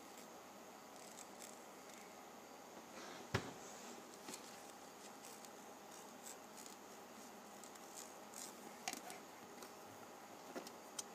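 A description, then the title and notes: The ridged edge of a penny is rubbed, making a steady, dense scratchy hiss that runs through the whole clip. Brief brighter scrapes flick in irregularly, with a sharp click just after three seconds and a few more scrapes near nine and eleven seconds. ASMR Penny Ridge Rubbing.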